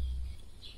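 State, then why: Not seated. A small antenna coaxial plug is being handled against the socket of a SIM800L V2 GSM module, with a low hum for the first 0.3 seconds and a faint high tone near 0.7 seconds. Nothing has seated or clicked yet.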